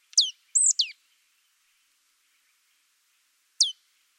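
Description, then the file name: Marsh tit calls: a quick run of three sharp, high notes, mostly sweeping steeply downward, then a pause and one more descending note, in otherwise quiet surroundings. "Poecile palustris"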